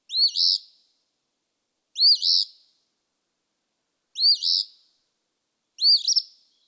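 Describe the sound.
Eastern phoebe song: four burry two-note phrases spaced about two seconds apart, the last ending in a stuttered flourish.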